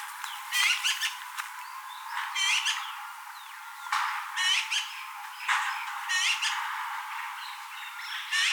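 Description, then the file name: Eurasian magpie giving harsh, rasping chatter in several irregular bursts, with quieter scratchy notes between them. "Pica pica"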